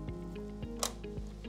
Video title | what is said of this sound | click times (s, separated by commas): Lenovo Legion Tower 7i RAM UPGRADE | then i'm going to take two hands and apply firm pressure on both sides until you hear a click and | 0.8 s